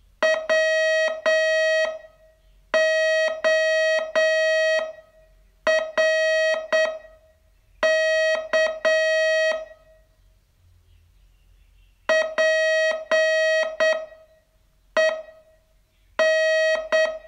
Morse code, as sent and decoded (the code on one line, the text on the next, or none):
.-- --- .-. -.- / .--. . -.
WORK PEN